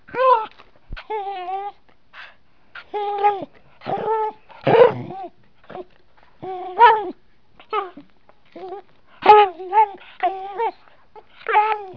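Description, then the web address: Dog yelping, short high whining yips in bursts with uneven gaps, some rising then falling in pitch, heard over a quiet background. "heartland meadows. dogs"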